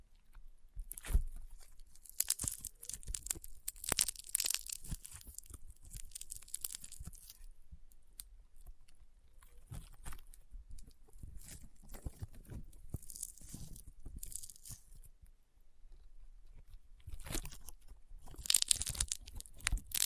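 Rainbow honeycomb slime being squeezed gives dense, irregular crunches and crackly pops, with bright bursts near two, four, thirteen and eighteen seconds.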